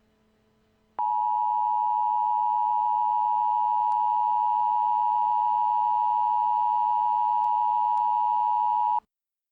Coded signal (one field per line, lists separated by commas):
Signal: Emergency Alert System (SAME) tones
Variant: 853 and 960 Hz attention tone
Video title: EAS Mini-Scenario - False Alarm